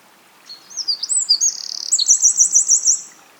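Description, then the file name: Eurasian wren song: a burst of high, rapid twittering notes, a fast buzzy trill, then a run of about six sharp, repeated chipping notes, all high-pitched and loud. "Troglodytes troglodytes"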